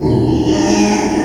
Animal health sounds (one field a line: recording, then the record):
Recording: squeal of a Yucatan mini pig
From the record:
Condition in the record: after surgery on the right vocal fold (resection and tissue-engineered implant)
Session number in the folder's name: 2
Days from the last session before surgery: 13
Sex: male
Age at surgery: 12 weeks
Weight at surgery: 13 kg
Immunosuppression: cyclosporine, prednisolone